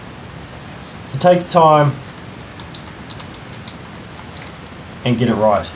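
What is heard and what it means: A preset torque wrench set to about 20 inch-pounds tightens a scope ring cap screw while someone talks before and after. Two light clicks are heard at 2.8 s and 3.7 s, the double click that signals the set torque has been reached.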